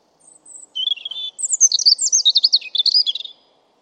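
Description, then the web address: European robin song phrase: faint high whistles, a short twittering lead-in, then a long cascade of bright, sweet, rapidly changing notes sliding up and down. "Deverinetal 2025"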